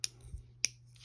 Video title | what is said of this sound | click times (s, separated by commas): Tatting - What is it and how to do it - a step by step guide to shuttle, thread and stitches | and i really quite like that like little clicking noise | 0.0 s, 0.6 s